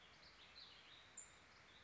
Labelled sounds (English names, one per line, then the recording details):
Warbling Vireo
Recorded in Sonoma County, California